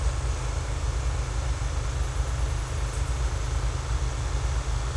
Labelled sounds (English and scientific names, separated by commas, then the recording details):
none
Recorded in secondary vegetation near Puerto Asís, Putumayo, Colombia, on 18 December 2024 at 10:30
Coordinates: 0.468, -76.324
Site G095